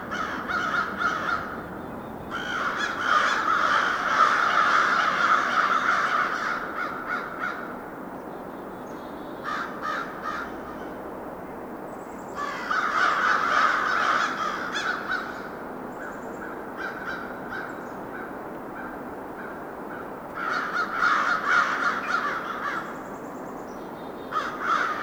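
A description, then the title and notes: A crowd of crows caws in loud, dense bursts that come and go, peaking around 2–7, 12–15 and 20–23 seconds with quieter stretches of scattered calls between. A steady low rumble runs underneath throughout. Hidden Falls Regional Park, St. Paul, MN. The second spot is amid a circle/shit-ton of crows; some other birds attempt to join in near the end.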